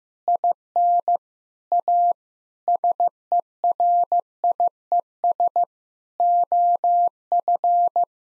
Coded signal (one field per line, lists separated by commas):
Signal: Morse code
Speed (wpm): 15 wpm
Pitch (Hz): 700 Hz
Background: none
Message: IN A SERIES OF